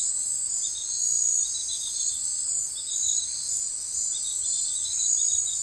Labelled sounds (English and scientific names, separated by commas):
none